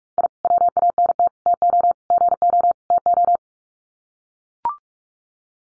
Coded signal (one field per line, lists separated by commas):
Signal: Morse code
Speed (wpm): 44 wpm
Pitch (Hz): 700 Hz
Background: none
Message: I WANT TO GO TO